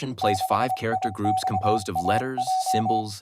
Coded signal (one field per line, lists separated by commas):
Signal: Morse code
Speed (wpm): 25 wpm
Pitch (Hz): 750 Hz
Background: speech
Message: 6IXAJ